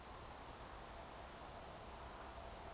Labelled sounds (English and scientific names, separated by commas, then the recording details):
Eurasian Woodcock (Scolopax rusticola) whistle
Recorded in Baden-Württemberg, Germany, on 29 June 2020 at 02:31 UTC
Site 43791, 788 m above sea level